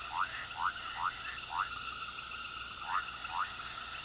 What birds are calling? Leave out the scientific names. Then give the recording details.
none. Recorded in pastures near Puerto Asís, Putumayo, Colombia, on 20 February 2024 at 21:30. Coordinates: 0.466, -76.323. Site G6384